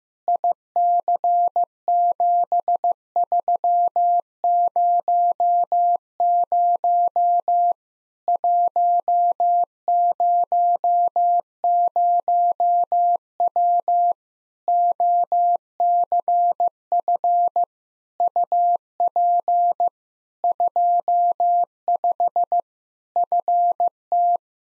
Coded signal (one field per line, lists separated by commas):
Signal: Morse code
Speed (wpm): 15 wpm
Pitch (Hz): 700 Hz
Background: none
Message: IC7300 100W OCF UP 25 FT